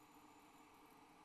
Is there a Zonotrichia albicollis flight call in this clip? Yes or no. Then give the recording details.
no. No flight call is heard. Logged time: 04:50 on 8 December 2014